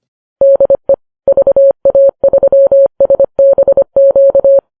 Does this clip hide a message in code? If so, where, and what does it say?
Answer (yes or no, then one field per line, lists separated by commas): yes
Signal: Morse code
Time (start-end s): 0.4-4.6 s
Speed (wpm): 25 wpm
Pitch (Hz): 550 Hz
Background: none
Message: DE VA3SBQ